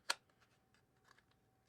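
A fixed-blade knife is pulled out of its retention sheath with a two-finger grab, releasing with a sharp pop at 0.1 s. Only faint, soft ticks follow, and the knife comes free of the sheath.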